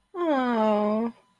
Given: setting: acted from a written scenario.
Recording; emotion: vocal sound without words; adoration